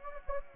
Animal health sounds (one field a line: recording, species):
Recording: mosquito wingbeat signal from an infrared sensor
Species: Anopheles gambiae